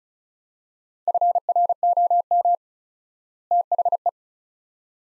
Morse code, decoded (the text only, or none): FROM THE